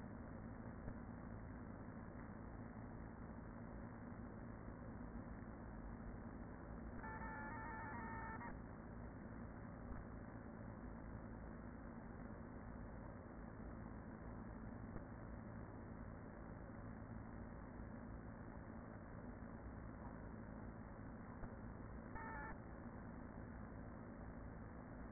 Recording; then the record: honeybee colony, microphone inside the hive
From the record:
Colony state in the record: queen present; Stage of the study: after two queens were removed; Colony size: about 40,000 bees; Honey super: no